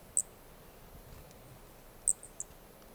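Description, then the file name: Brachycephalus toadlet with two sharp high chirps about two seconds apart, the second followed by two softer, quick notes. Two individuals (4 and 5) of an unidentified Brachycephalus species recorded at Corcovado; the first two notes of the call sequence were lost. "Brachycephalus sp ind 4 ind 5 Corcovado two starting notes lost"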